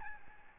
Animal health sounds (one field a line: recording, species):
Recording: mosquito wingbeat signal from an infrared sensor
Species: Aedes albopictus